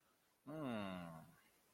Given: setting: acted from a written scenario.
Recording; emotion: vocal sound without words; confusion